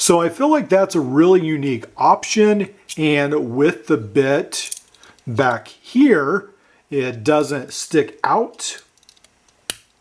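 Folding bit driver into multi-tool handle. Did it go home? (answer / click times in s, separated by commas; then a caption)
yes / 9.7 s. Someone talks while folding the inline bit driver, with its bit stored in the back, into its slot in the middle of a metal Realtree fishing multi-tool. A few faint ticks around 9.0–9.3 seconds lead to a sharp snap at 9.7 seconds as the driver seats in place.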